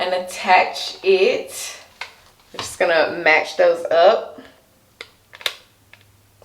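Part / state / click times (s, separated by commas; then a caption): concentrator nozzle onto hair dryer / seated / 5.5 s. Someone talks while lining up a plastic concentrator nozzle with the barrel of a SharkGlam hair dryer, then pushes it on. A few small, sharp plastic clicks follow, with the loudest snap at 5.5 s as the concentrator seats in place on the dryer.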